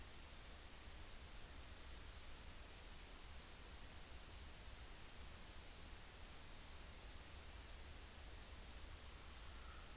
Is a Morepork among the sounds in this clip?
no